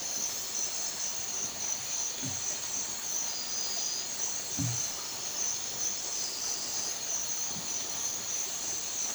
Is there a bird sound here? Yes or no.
no